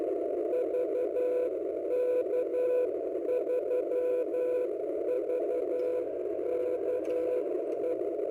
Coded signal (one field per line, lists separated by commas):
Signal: Morse code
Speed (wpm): 11 wpm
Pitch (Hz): 500 Hz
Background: radio noise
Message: VK3VKE